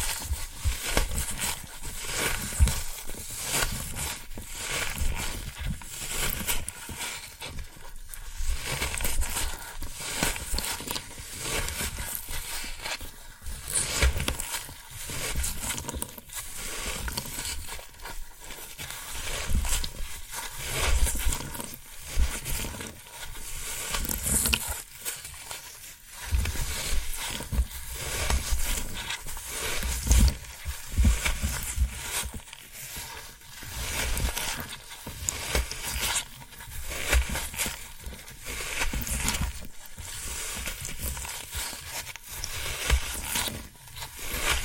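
Floral foam being handled, a dense stream of crisp crunching and squeaking that runs throughout without a pause. The texture is bright and gritty, with many quick irregular crackles and a few stronger bursts near 8, 25 and 26 seconds. A low rumble sits underneath.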